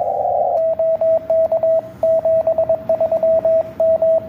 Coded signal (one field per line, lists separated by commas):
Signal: Morse code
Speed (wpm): 21 wpm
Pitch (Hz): 650 Hz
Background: radio noise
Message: OK 73 M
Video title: QSO CW com 9A2V Very Nice